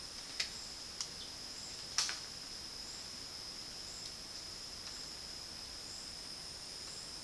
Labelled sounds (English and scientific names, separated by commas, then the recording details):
none
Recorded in dense forest near Puerto Asís, Putumayo, Colombia, on 20 February 2024 at 11:30
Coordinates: 0.481, -76.318
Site G6421